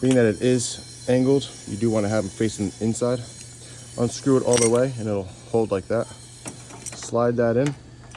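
Someone talks while handling an unscrewed tie-down anchor, angled to face inside, and slides it into the pocket in an F150/250/350 pickup bed rail. Brief handling knocks are heard near 6.5 s and 6.9 s, with another at the very end. Nothing has seated or locked yet when the clip ends.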